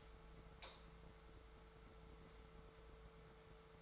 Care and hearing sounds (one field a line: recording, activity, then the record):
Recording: daily activity, microphone in the room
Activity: light on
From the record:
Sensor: 3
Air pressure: 1014.5 hPa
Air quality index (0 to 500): 182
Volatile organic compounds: 19 ppm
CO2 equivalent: 2664 ppm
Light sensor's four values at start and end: 44/110/47/51 and 46/118/51/54